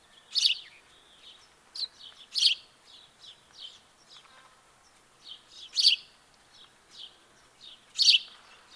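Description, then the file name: House sparrow chirps, a few loud notes spaced irregularly with softer chirps between them over a faint background hiss. "Passer domesticus"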